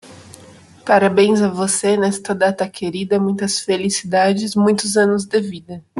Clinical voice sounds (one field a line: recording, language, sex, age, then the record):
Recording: short text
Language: Brazilian Portuguese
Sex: female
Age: 30 to 39 years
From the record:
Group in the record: control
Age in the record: 32 years